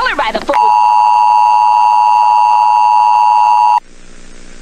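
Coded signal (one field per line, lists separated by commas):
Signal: Emergency Alert System (SAME) tones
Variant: 853 and 960 Hz attention tone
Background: speech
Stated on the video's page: Fictional EAS scenario movie, made purely for entertainment.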